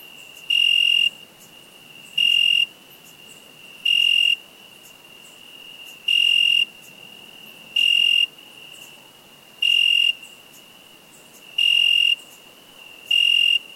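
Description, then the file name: Cricket song of piercing, even-toned chirps, each lasting about half a second, spaced about two seconds apart, with a soft ringing tone between them. "Cricket insect"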